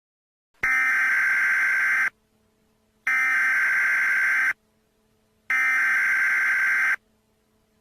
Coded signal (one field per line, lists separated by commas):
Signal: Emergency Alert System (SAME) tones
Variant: header bursts